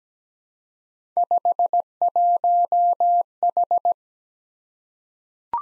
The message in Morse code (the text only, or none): 51H